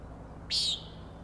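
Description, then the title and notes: Common nighthawk uttering a single loud, buzzy, nasal peent, brief and abrupt against a quiet background. Three birds flying in a close follow-the-leader formation near the recordist, peenting, wing booms and a rattling noise; Schoodic Head overlook, Acadia National Park, Winter Harbor, Maine; 061617, 4am. "Common Nighthawks, Schoodic Head 061617 4am. 3 common nighthawks making peenting calls and wings booms but also a rattling noise at the Overlook (410 ft) on Schoodic Head (435 feet) Schoodic division Acadia National Park Winter Harbor, ME"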